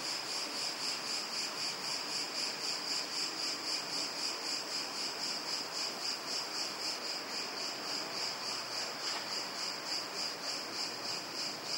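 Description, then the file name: Cicada buzzing call, a steady high shrill pulsing rapidly without pause throughout, over faint background hiss. "cigarra"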